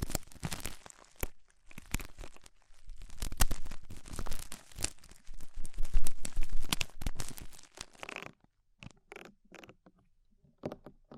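Ear cleaning and clay removal: dense crinkly scraping and crunching for eight seconds, then sparser short scratches with quiet gaps.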